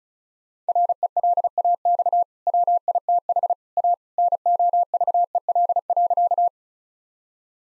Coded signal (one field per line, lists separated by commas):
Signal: Morse code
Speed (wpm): 34 wpm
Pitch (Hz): 700 Hz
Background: none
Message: RELAX WITH A NOVEL.